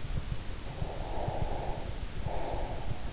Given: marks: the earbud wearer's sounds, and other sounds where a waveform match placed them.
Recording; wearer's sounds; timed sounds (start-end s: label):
sounds in sleep by an in-ear microphone; breath
0.69-3.11 s: breath